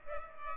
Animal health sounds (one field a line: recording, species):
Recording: mosquito wingbeat signal from an infrared sensor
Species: Culex pipiens